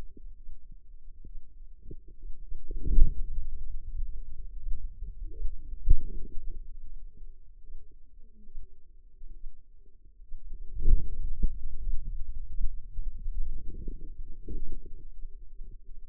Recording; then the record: forearm muscle sounds (acoustic myography)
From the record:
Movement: hand closing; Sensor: system 2, bracelet of six BSWA MPA416 microphones around the upper forearm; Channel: 1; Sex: female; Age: 25 years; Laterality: right